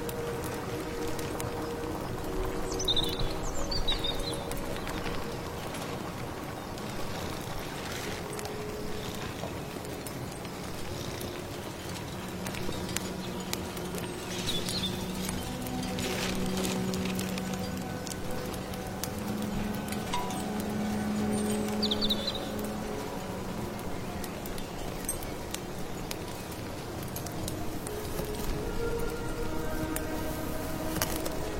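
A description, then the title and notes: A pot of soup is stirred with steady scraping and knocking, over a continuous crackling hiss, with brief chirps around 3, 15 and 22 seconds. Come to the mysterious late autumn forest, stir your magic amulet soup, accompanied by birdsong, firewood, rustling rain.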